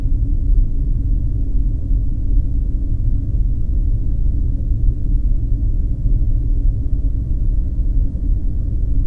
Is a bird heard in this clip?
no